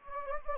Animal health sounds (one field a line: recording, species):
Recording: mosquito wingbeat signal from an infrared sensor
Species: Anopheles gambiae